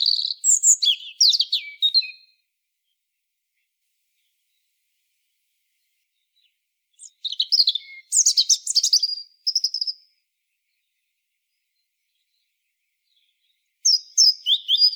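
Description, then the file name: European robin song: thin, high warbling phrases a few seconds long with long silent pauses between them, three phrases in all, the last cut off, with no other sounds. "Erithacus rubecula"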